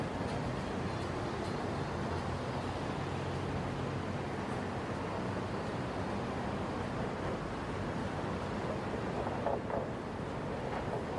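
Heavy traffic rumbles steadily on a bridge, a dense, unbroken roar strongest in the low end with a hissy wash above. Level stays constant throughout, with faint brief tonal squeals or whines appearing near the end, around nine to eleven seconds.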